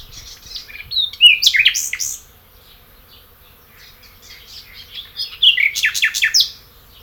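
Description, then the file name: Common nightingale singing loud, varied bursts of sweet whistled notes, upslurred chirps and rapid rattles, pausing for about two seconds between two energetic phrases. "Luscinia megarhynchos"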